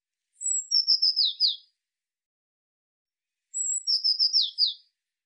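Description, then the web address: Eurasian blue tit calling: a high thin note, then a run of buzzy scolding churrs slipping downward, repeated twice with quiet between. "cianscape birddata Deverinetal 2025 File cleaned normalized Bird Cy Ca"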